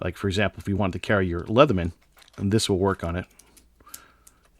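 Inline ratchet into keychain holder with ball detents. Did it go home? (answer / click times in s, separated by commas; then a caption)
yes / 3.9 s. Someone talks, then pushes a 711L inline ratchet, a small multitool ratchet made as a Leatherman companion, into its keychain holder. A few light clicks and taps follow, and the loudest sharp click at 3.9 s is the ratchet locking into place in the holder with its ball detents.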